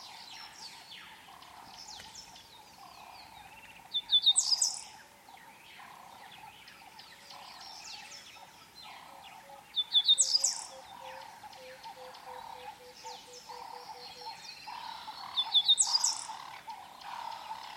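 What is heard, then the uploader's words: Birds sing across a calm African savanna, with a loud, bright song from a nearby bird bursting out about every six seconds, near 4, 10 and 16 seconds. Between these, softer chirps and calls from more distant birds keep up a steady background chatter. The sound of the African savanna on a calm day.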